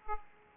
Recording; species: mosquito wingbeat signal from an infrared sensor; Aedes aegypti